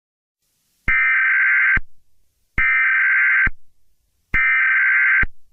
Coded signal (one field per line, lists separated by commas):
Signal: Emergency Alert System (SAME) tones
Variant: header bursts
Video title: EAS scenario: Virus